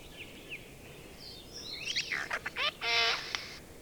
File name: Garrulus glandarius